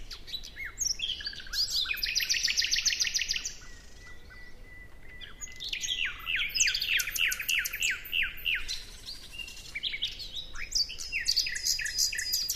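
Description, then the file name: Common nightingale song: a fast rhythmic trill of repeated notes, a pause, then another rapid rattling series and high trilled notes, with faint background noise. "Luscinia megarhynchos"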